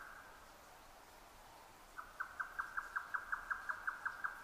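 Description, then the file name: Grey nightjar beginning its song after two quiet seconds, a steady series of hollow knocking notes at a brisk, even pace. Recorded 12 June 2009 at 22:41. "yotaka-20090612-2241"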